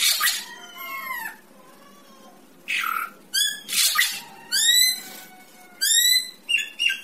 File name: tieng cheo beo duoi co hot